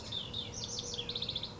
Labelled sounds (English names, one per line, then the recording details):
House Wren
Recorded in Sonoma County, California